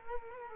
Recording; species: mosquito wingbeat signal from an infrared sensor; Culex quinquefasciatus